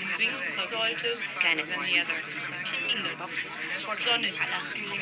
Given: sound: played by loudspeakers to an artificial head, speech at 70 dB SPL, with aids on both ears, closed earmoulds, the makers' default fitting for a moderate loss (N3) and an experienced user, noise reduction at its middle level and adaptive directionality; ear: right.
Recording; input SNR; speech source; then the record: speech test signal (ISTS) in cocktail-party noise; -6 dB; on the right (90 degrees)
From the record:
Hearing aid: class 2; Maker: G